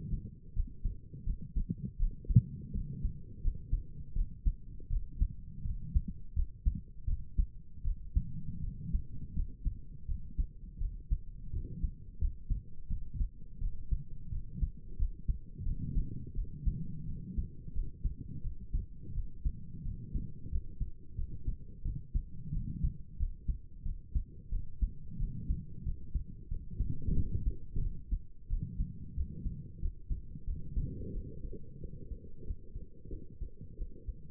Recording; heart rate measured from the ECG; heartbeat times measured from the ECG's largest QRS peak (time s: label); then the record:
heart sounds by stethoscope; 87 bpm
0.55 s: heartbeat
1.25 s: heartbeat
1.98 s: heartbeat
2.73 s: heartbeat
3.42 s: heartbeat
4.15 s: heartbeat
4.89 s: heartbeat
5.64 s: heartbeat
6.35 s: heartbeat
7.06 s: heartbeat
7.84 s: heartbeat
8.63 s: heartbeat
9.35 s: heartbeat
10.07 s: heartbeat
10.80 s: heartbeat
11.52 s: heartbeat
12.20 s: heartbeat
12.89 s: heartbeat
13.60 s: heartbeat
14.31 s: heartbeat
14.98 s: heartbeat
15.65 s: heartbeat
16.35 s: heartbeat
17.07 s: heartbeat
17.74 s: heartbeat
18.43 s: heartbeat
19.14 s: heartbeat
19.84 s: heartbeat
20.51 s: heartbeat
21.17 s: heartbeat
21.84 s: heartbeat
22.53 s: heartbeat
23.19 s: heartbeat
23.84 s: heartbeat
24.51 s: heartbeat
25.19 s: heartbeat
25.85 s: heartbeat
26.50 s: heartbeat
27.16 s: heartbeat
27.82 s: heartbeat
28.49 s: heartbeat
29.16 s: heartbeat
29.81 s: heartbeat
30.46 s: heartbeat
31.13 s: heartbeat
31.81 s: heartbeat
32.46 s: heartbeat
33.11 s: heartbeat
33.78 s: heartbeat
From the record:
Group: healthy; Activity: rest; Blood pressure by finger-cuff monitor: 103/74 mmHg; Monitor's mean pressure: 82 mmHg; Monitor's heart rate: 87 bpm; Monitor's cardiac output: 6.4 L/min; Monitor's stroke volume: 73 mL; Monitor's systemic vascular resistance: 930 dyn s/cm5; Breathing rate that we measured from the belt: 20 breaths a minute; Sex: female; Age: 22 years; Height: 163 cm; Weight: 67.1 kg